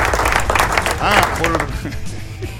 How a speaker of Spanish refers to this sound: Aplauso.